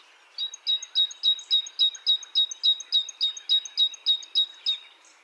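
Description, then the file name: Great tit song of around sixteen rapid, evenly spaced high ringing notes with bright upper flicks, steady throughout, over a quiet background. "Parus major"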